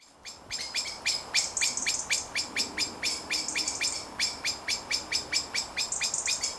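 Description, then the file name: Common blackbird calls: sharp dry clicks repeated several times a second, with brief high buzzy notes mixed in at times. "Turdus merula"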